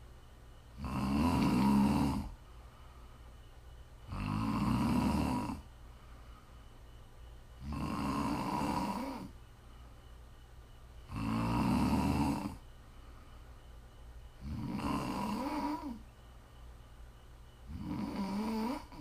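Six rumbling snores from a sleeping adult at about 18 per minute, each on the in-breath, with quiet pauses between: ordinary snoring, offered as ASMR for listening to sleep or relax.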